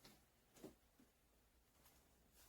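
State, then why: Not seated. While installing a Holley 600 cfm Street Warrior carburetor on a 1984 Ford Mustang engine, a throttle cable or linkage end is handled at the carburetor or its bracket, ready to be snapped on. Only faint handling taps and rustles are heard, including a brief tap at 0.05 s and a slightly louder bump near 0.6 s. Nothing has seated or clicked yet.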